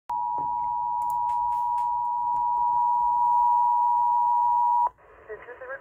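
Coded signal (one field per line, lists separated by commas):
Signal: Emergency Alert System (SAME) tones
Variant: 853 and 960 Hz attention tone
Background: speech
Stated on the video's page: Required Monthly Test aired on FM radio stations.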